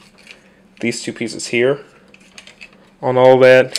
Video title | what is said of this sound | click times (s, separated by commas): Toy Review: Mastermind Creations' R-13 Spartan | So we're getting that back in. It just clips into place, like | 0.3 s